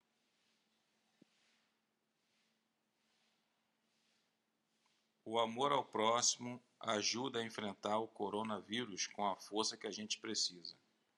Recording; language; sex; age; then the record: spoken sentence; Brazilian Portuguese; male; 30 to 39 years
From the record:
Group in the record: control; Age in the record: 39 years